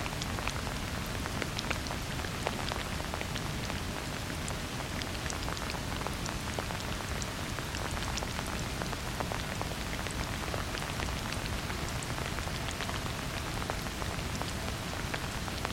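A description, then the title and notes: Light rain patters steadily on a plastic tarp, a dense hiss of small drops with sharper individual taps scattered throughout, unchanging. Light Rain on a Plastic Tarp.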